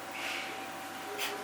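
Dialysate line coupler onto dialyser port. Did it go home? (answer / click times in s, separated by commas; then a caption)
no / none. The red dialysate line coupler is handled and lined up on the dialyser port just before being pushed home. A steady hum and background hiss run throughout, with a soft brushing rustle around 0.2–0.4 s and a brief brighter rustle near 1.2 s. Nothing has clicked or seated yet.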